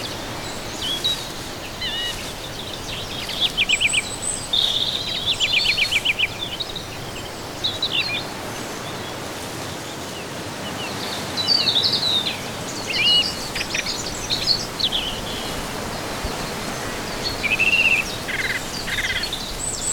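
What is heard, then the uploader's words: A forest scene with a steady hiss of background noise and many small birds calling throughout. Quick chirps and trills cluster around the four- to six-second mark and again near twelve and eighteen seconds, with a few high, thin whistles between. Forest.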